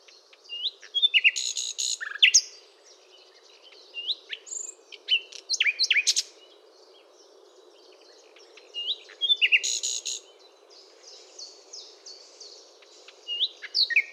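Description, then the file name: Common nightingale song with several bursts of chattering and whistled phrases, separated by quieter notes and gaps. "Luscinia megarhynchos"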